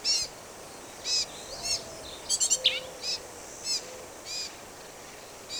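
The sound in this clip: Black-capped vireo song: short, sharp, chattering phrases spaced about half a second to a second apart, with a faint low whistle in the background.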